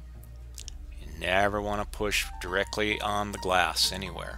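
A plastic screen bezel is pressed back onto the display lid of an Acer Aspire 5742-6494 laptop, pushed around the edges rather than on the glass. Two sharp, short clicks at 0.6 s and 0.7 s mark its clips snapping in, and the bezel is seated. Someone then talks.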